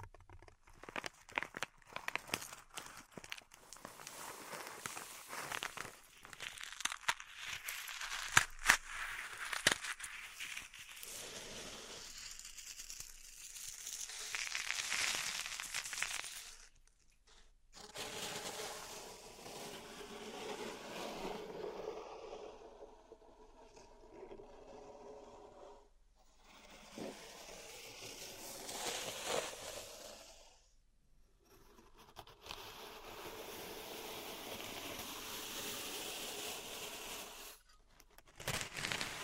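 Pink salt in a zen garden is stirred and raked, starting with dense, crackly grains and sharp little clicks for the first ten seconds. After that come longer, softer scraping sweeps that swell and fade, separated by brief silences near 17, 26, 31 and 38 seconds.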